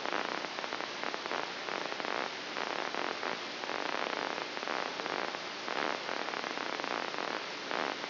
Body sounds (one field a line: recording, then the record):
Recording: brain microelectrode recording played as sound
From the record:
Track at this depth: outside the subthalamic nucleus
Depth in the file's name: 7.304 mm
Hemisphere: left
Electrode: 2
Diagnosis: Parkinson's disease